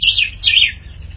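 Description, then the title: Ultramarine grosbeak song: two quick phrases of bright, slurred whistles, each falling slightly, followed by a fading tail. "Azulao"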